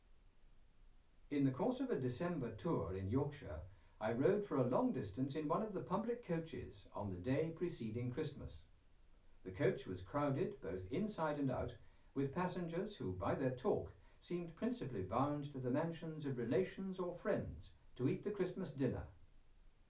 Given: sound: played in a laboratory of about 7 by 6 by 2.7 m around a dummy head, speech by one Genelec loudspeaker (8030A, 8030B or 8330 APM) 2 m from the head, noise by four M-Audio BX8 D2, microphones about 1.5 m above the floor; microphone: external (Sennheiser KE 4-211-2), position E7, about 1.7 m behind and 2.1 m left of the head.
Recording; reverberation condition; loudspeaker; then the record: male speech in English; low; 120 degrees to the right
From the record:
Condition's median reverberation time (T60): about 310 ms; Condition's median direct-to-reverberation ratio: about 3.5 dB